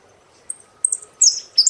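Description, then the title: Saffron finch: a few high chips and brief slurred notes, short and partly faint. "Jilguero Argentino"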